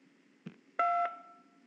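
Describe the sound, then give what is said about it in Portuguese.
A short click, then one telephone keypad touch tone pressed on an HSBC phone banking menu: a steady, mid-pitched dual-note beep that starts loud and softens slightly before ending. No one speaks. “Digite o token ou tecle 2 para acessar com outra senha.”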